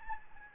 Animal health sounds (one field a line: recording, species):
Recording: mosquito wingbeat signal from an infrared sensor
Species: Anopheles arabiensis